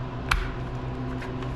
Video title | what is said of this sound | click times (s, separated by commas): MAC 3200 Needs a Little Help! | all right there we go that snapped in | 0.3 s